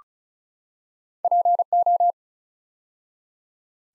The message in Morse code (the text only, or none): PO